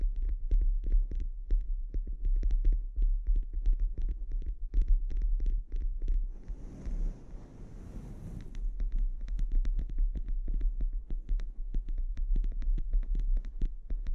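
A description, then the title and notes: A scalp treatment with a steady low hum and throb running underneath throughout. Dense, rapid clicks and taps crackle over it the whole time, and from about six to eight and a half seconds a soft rustling swell rises, with a faint thin whine on top. ASMR Sleep Inducing Scalp Treatment (No Talking).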